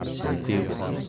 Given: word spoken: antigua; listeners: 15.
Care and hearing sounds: one Spanish word in noise, from a listening test; eight-talker babble; -0.8 dB; 0 of 15; 11 of 15; 0.68 s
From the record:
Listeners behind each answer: 11, 1, 1, 1, 1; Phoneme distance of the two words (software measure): 41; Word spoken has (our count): 3 syllables, 7 phonemes, stress on syllable 2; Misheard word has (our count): 2 syllables, 6 phonemes, stress on syllable 2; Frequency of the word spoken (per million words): 55.10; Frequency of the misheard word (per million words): 56.25

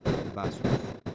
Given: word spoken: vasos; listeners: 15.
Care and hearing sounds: one Spanish word in noise, from a listening test; noise modulated by one talker; -10.0 dB; 5 of 15; 9 of 15; 0.75 s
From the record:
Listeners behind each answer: 9, 5, 1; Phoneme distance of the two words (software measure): 10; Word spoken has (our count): 2 syllables, 5 phonemes, stress on syllable 1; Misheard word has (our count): 2 syllables, 5 phonemes, stress on syllable 1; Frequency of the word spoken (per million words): 17.64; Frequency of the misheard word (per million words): 72.16

